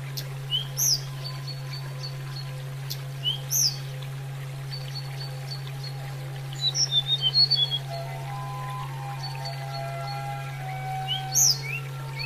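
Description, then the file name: Sunda robin singing varied whistled phrases, including a quick run of tumbling notes midway and high upslurred calls, over a constant low hum. Used for training cage birds, Indonesia. "terapi burung tledekan"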